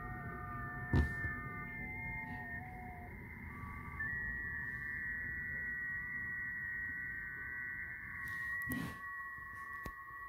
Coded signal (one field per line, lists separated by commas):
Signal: FT8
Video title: Icom IC-705 FT8 Set up and test